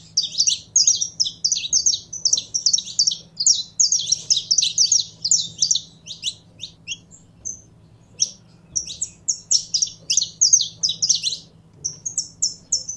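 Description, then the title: Canary singing bursts of quick, high, sharp notes, a pause around the middle, then resuming energetic chirping phrases over a faint hum. Song of a purebred Belgian canary. "Canto Do Canário Belga Puro"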